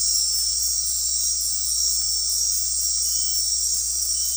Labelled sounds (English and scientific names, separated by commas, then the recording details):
none
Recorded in dense forest near Puerto Asís, Putumayo, Colombia, on 13 March 2025 at 21:00
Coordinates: 0.503, -76.323
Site GP09